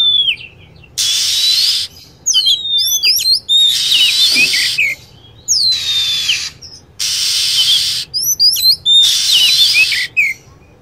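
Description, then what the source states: Lovebird calls: loud, rasping chatter phrases and clusters of shrill down-slurred whistles, alternating steadily. Lure sound used to attract lovebirds.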